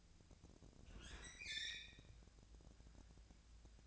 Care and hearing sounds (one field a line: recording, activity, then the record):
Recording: daily activity, microphone in the room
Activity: open fridge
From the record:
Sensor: 2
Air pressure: 999.9 hPa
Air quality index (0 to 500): 124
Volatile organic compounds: 2 ppm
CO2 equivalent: 1061 ppm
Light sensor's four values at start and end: 29/72/31/34 and 29/71/30/34